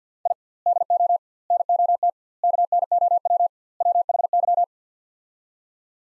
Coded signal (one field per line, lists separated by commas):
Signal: Morse code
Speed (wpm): 49 wpm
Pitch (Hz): 700 Hz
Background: none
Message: I DO NOT KNOW WHY